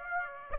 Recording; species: mosquito wingbeat signal from an infrared sensor; Aedes aegypti